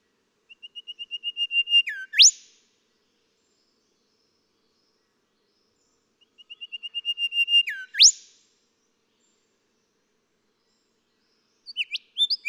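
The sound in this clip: Golden whistler song: a run of quick, evenly spaced whistled notes swelling in loudness, ending in a dipping then sharply rising whip, given twice, with a third phrase starting at the end.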